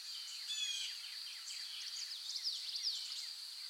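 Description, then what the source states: Birds chirping together, many short sharp descending chirps and a few whistled notes from several birds, over a steady high insect-like drone. Forest in the morning.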